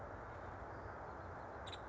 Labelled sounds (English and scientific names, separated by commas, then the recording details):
Nuttall's Woodpecker (Dryobates nuttallii)
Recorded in Sonoma County, California